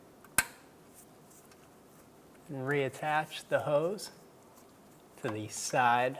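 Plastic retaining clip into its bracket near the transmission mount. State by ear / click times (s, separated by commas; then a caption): seated / 0.4 s. A plastic retaining clip is pushed back into its bracket near the front transmission mount on a 2014–2019 Toyota Highlander during transmission mount replacement. One sharp click sounds at 0.4 s as the clip snaps into the bracket and seats, and then someone talks.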